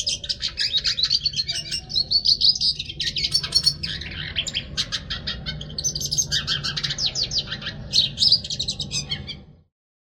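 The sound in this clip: Hooded siskin singing a long, rapid, buzzy twitter of high chirps and trills that runs almost nonstop before ending abruptly, over a steady low hum.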